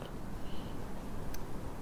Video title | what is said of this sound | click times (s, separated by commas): MERCEDES 190E! YOU WON'T BELIEVE WHAT FIXED THIS! NONE START, ROUGH RUNNING, BAD INFORMATION! | Did you hear that click? So that's now closed. | 1.3 s